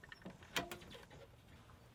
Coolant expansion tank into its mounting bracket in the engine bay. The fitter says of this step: When I pushed the expansion tank in, there was a little click,